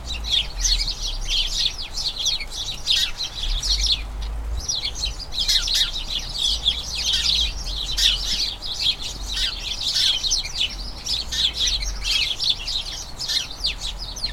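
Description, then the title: House sparrow colony chattering with constant overlapping chirps, a brief lull early on, and a low rumble underneath. A colony of about a dozen house sparrows chattering incessantly in a small front garden as crocuses bloom, the colony turning toward the breeding season. "Sound Escape. the soothing conversations of a flock of house sparrows"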